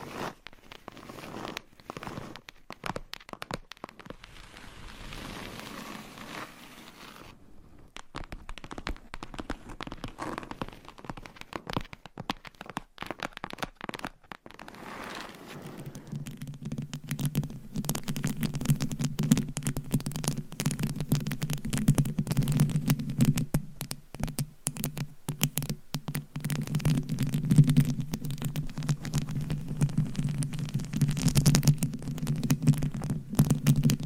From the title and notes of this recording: ASMR Tapping and Scratching with 50 Different Mics , Items & Nails (No Talking).